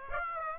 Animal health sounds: mosquito wingbeat signal from an infrared sensor; Aedes aegypti

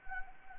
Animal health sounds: mosquito wingbeat signal from an infrared sensor; Anopheles arabiensis

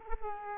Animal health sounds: mosquito wingbeat signal from an infrared sensor; Culex quinquefasciatus

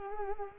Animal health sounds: mosquito wingbeat signal from an infrared sensor; Culex quinquefasciatus

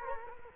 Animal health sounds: mosquito wingbeat signal from an infrared sensor; Culex quinquefasciatus

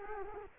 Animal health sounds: mosquito wingbeat signal from an infrared sensor; Culex quinquefasciatus

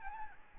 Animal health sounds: mosquito wingbeat signal from an infrared sensor; Aedes albopictus

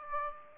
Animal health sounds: mosquito wingbeat signal from an infrared sensor; Aedes aegypti

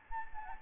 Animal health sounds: mosquito wingbeat signal from an infrared sensor; Anopheles gambiae

